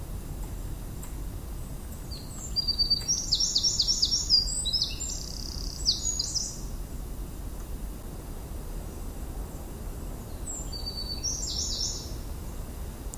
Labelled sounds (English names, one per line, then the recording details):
Eurasian Wren
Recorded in the wild
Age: adult
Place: Villach, Kärnten, AT
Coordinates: 46.591, 13.824
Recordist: Brunner, Thomas
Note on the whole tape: Aufnahme: Zeitpunkt nicht mehr bekannt, Napoleonswiese, Villach